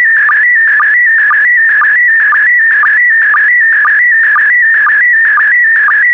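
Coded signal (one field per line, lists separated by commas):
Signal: SSTV (slow-scan television)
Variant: PD120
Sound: warbling whistle-like tone around 2 kHz with brief low chirps twice a second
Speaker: four three two one so so so so so so transmission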